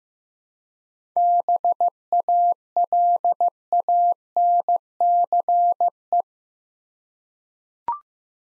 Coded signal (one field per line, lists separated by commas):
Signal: Morse code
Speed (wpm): 15 wpm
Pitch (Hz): 700 Hz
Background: none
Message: BALANCE